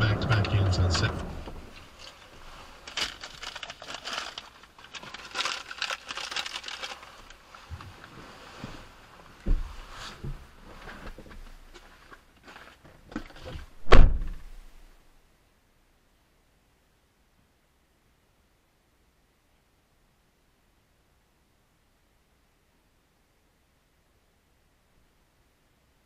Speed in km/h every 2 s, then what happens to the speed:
0, 0, 0, 0, 0, 0, 0, 0, 0, 0, 0, 0, 0.
0-26 standing.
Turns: none.